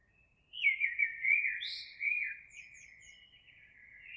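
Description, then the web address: Eurasian blackbird pouring out a continuous mellow, fluty warble with brief high squeaky notes mixed in, lasting several seconds. Recorded 26 April 2022. "oiseaux Merle 2022 04 26"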